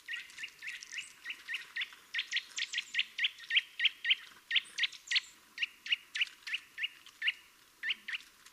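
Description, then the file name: Eurasian nuthatch calling in a quick run of short, clear piping notes, steady in pitch with brief gaps, faint higher ticks behind. "Sitta europaea"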